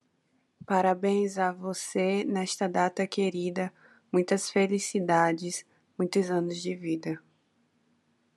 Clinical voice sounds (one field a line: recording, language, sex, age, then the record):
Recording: short text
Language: Brazilian Portuguese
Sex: female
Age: 20 to 29 years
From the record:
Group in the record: control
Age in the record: 23 years